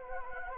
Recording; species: mosquito wingbeat signal from an infrared sensor; Anopheles gambiae